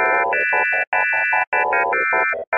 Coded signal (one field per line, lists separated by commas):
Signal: none